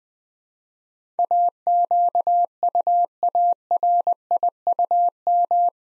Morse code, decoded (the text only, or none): AQUARIUM